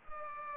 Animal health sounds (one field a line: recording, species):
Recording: mosquito wingbeat signal from an infrared sensor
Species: Culex pipiens